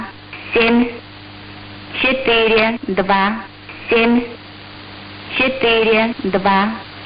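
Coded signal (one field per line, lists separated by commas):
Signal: numbers station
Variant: S06s, Russian female voice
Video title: 20 07 2021 Number station S06s Russian Lady in Russian to Eu 0733 on 7365 unknown tx site in CUSB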